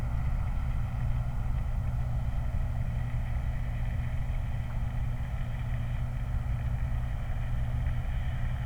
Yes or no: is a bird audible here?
no